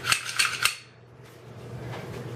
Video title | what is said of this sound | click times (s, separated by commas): Glock Fobus paddle Holster review | happens is people put this and you can see it locks into place and then they go like this and | 0.4 s